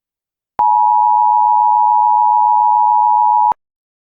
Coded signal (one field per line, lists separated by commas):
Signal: Emergency Alert System (SAME) tones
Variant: 853 and 960 Hz attention tone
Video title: EAS Scenario: Paranormalia [FULL MOVIE]